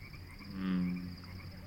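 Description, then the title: Frog makes a single low, resonant croak lasting about half a second against a soft insect hum. Frogs calling at dusk on the border of a seasonal snowmelt marsh sanctuary, Conboy Lake National Wildlife Refuge, Pacific Northwest; insects also active. "Evening-Dusk At Conboy Lake National Wildlife Refuge"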